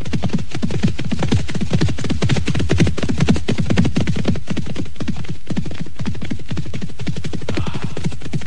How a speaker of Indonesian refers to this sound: Kuda-kuda itu segera berpacu.